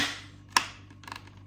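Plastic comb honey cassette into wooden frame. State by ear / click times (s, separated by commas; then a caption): seated / 0.6 s. A thumb pushes a plastic comb honey cassette into a wooden frame until it snaps into place, seated with a sharp click at 0.6 s. A few fainter clicks follow around 1.1 to 1.3 s over a steady low hum.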